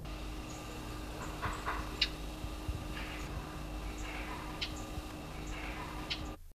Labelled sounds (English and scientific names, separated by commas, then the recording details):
Shining Sunbird (Cinnyris habessinicus) call
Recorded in captivity
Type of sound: call
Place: Zoo Frankfurt, Rheinland-Pfalz, DE
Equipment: Halbspur, 9,5 cm/s
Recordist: Lütgens, Hans
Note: Rufe